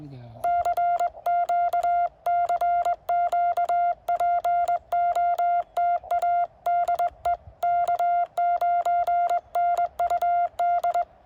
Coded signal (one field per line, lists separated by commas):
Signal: Morse code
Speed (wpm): 20 wpm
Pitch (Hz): 690 Hz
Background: speech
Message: CQ CQ POTA DE K9NUD